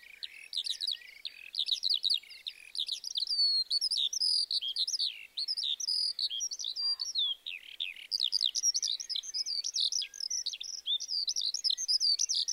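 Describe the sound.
Eurasian skylark song: a long, dense warble of high chirps, trills and slurred notes pouring out rapidly with barely a pause.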